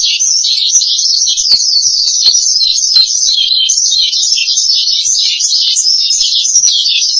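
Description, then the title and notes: Starling singing a nonstop high chatter of quick, wobbling notes, with a few faint clicks in the background. "suara burung jalak"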